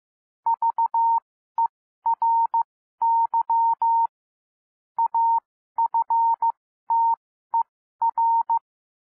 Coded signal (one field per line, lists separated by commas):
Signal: Morse code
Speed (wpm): 15 wpm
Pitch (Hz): 920 Hz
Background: none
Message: VERY AFTER